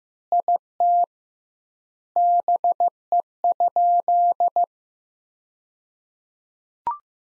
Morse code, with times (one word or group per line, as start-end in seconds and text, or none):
0.3-1.0 IT
2.2-4.6 BE?